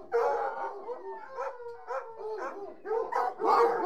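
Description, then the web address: Hunting hounds whining together in a dense, continuous tangle of rising and falling tonal cries, louder again near the end. A pack of about 60 hunting hounds whining. "BBC Sound Effects Library. Hunting Hounds"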